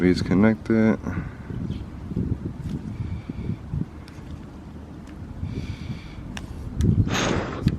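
Someone talks while handling a wiring connector at the front side marker lamp of a 2017 BRZ, lining it up to plug in, with low background rumble and a few brief sharp ticks near the end. Nothing has seated or clicked yet.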